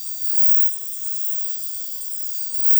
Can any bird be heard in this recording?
no